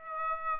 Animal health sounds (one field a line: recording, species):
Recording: mosquito wingbeat signal from an infrared sensor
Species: Aedes aegypti